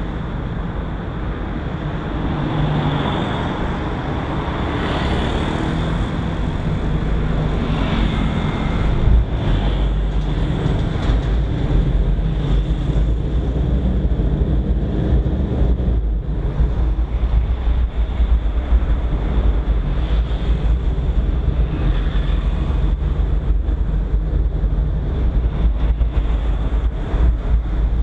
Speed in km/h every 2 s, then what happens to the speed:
0, 0, 0, 0, 8, 12, 14, 14, 16, 16, 16, 15, 12, 8.
0-6 standing. 6-16 pulls away to 16. 16-21 steady at about 16. 21-28 slows to 8.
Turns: none.